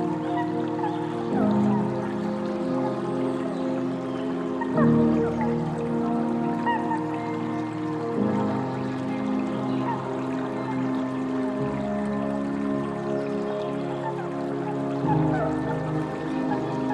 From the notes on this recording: sounds of trickling water and gentle tunes